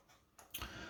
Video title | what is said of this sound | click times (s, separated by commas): PS4 HDMI fix | so this one is just lights in and if you hear click it's done | 0.6 s